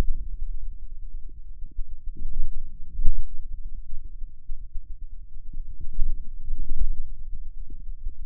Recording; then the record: forearm muscle sounds (acoustic myography)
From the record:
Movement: radial deviation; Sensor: system 2, bracelet of six BSWA MPA416 microphones around the upper forearm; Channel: 5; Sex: male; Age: 22 years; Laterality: right